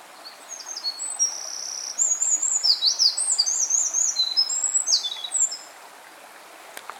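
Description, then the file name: Eurasian wren singing a loud five-second burst of high, rapid trills and piercing notes, then falling quiet with faint background hiss. "Troglodytes troglodytes"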